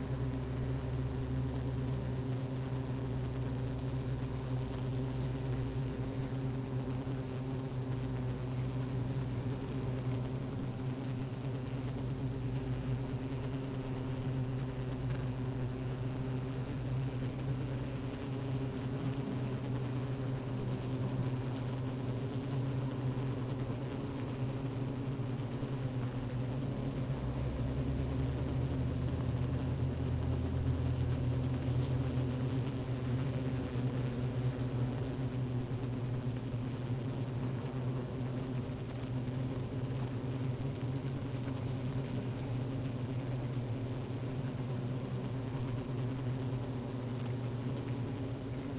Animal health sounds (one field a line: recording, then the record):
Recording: honeybee colony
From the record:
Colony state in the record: active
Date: 28 July 2017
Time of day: 15:45